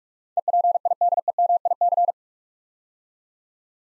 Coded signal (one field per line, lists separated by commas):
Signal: Morse code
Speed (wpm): 44 wpm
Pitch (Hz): 700 Hz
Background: none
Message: EPIDEMIC